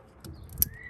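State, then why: Seated. A plastic pigtail adapter plug is pushed into the harness connector of a BEAMTECH 9006 LED low-beam bulb on a 2011 Toyota Corolla with DRLs. Soft plastic ticks at 0.2 s and 0.5 s lead to one sharp click at 0.6 s. The connector clicks into place and is seated, giving a secure connection.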